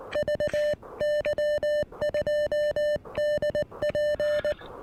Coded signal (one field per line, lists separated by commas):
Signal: Morse code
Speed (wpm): 19 wpm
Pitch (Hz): 590 Hz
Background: music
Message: VY 2DP